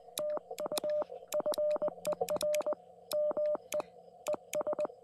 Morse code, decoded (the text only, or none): TU FER ME ES